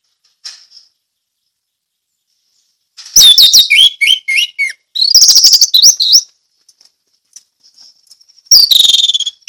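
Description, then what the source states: Orange-headed thrush song: loud bursts of whistled and buzzy phrases separated by pauses, with faint high notes between. Ngeplong song style.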